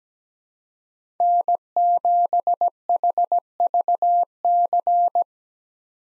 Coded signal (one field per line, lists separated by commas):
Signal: Morse code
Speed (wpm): 17 wpm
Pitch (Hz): 700 Hz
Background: none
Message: N7HVC